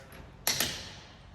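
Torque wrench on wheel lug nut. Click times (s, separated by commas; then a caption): 0.5 s. A click-type torque wrench set to 90 lb-ft tightens a lug nut on an X3 UTV wheel, giving a sharp click at 0.5 s, followed quickly by a second, softer tick and another click near 1.3 s. The click at 0.5 s means the 90 lb-ft setting was reached and the nut is not over-torqued.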